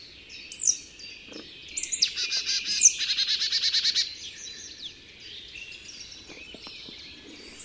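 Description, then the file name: Marsh tit call: sharp high notes, then a quick run of many buzzy, nasal notes, with faint chirps from other birds in the background. "Poecile palustris"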